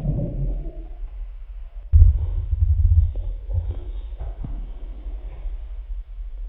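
Low, irregular rumbling and gurgling from an adult abdomen for several seconds, with a louder surge midway: ordinary stomach grumbling from gut movement.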